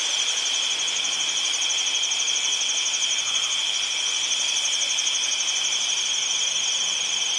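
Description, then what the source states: Crickets, many trilling together at a high pitch in a constant pulsing shimmer. Midwest, at night.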